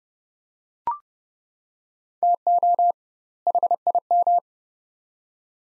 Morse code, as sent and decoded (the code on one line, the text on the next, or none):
- --- / .... .. --
TO HIM